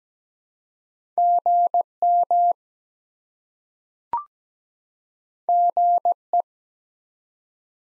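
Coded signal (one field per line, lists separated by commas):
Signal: Morse code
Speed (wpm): 17 wpm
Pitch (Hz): 700 Hz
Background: none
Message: GM GE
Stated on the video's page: Morse drill of common QSO elements at 17 wpm for head-copy, each sent, then spoken, then sent again.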